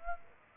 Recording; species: mosquito wingbeat signal from an infrared sensor; Aedes aegypti